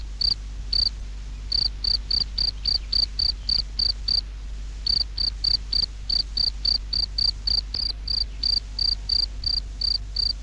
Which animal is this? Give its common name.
Field Cricket